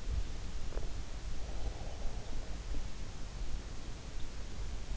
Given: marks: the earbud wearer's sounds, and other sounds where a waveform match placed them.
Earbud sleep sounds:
sounds in sleep by an in-ear microphone; breath
0.00-3.47 s: breath

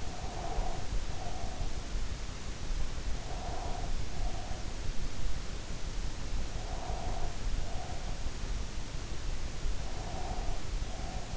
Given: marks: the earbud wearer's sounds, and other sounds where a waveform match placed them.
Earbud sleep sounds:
sounds in sleep by an in-ear microphone; breath
0.00-1.72 s: breath
3.12-4.81 s: breath
6.43-8.32 s: breath
9.81-11.37 s: breath

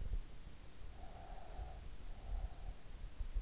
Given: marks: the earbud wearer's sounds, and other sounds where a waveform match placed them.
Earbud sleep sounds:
sounds in sleep by an in-ear microphone; breath
0.94-3.10 s: breath

